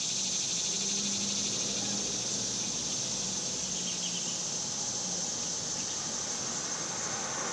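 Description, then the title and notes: Cicadas giving a steady, high, rasping buzz with quick pulses, with a low droning hum and a few faint higher notes. Summer; suburbs; outdoor recording of several cicadas. "Ext Summer Cicadas, Suburbs"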